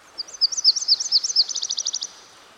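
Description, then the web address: Myrtle warbler singing a high trill: several slurred notes, then a quicker burst of even, rapid notes before stopping, over a soft background hiss. By a stream. "Dan Gibson Songbirds By The Stream. Myrtle Warbler"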